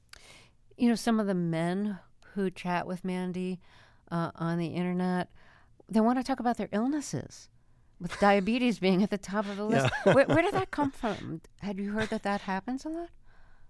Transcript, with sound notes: You know, some of the men who chat with Mandy on the Internet, they want to talk about their illnesses...
(Laughter).
...With diabetes being at the top of the list.
Yeah (laughter).
Where did that come from? Have you heard that that happens a lot?